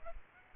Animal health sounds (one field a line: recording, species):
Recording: mosquito wingbeat signal from an infrared sensor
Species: Aedes aegypti